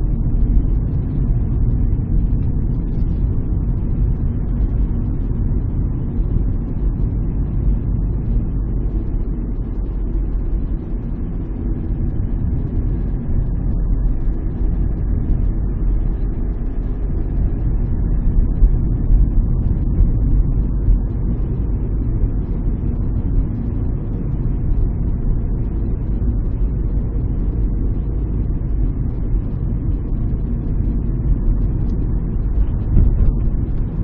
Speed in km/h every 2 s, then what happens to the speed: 36, 37, 37, 37, 36, 35, 34, 34, 36, 39, 40, 40, 41, 40, 40, 40, 39.
0-13 steady at about 36. 13-20 speeds up to 40. 20-34 steady at about 40.